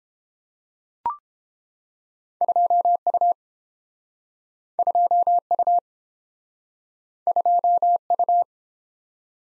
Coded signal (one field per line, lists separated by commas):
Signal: Morse code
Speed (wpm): 30 wpm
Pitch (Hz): 700 Hz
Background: none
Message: 2U 2U 2U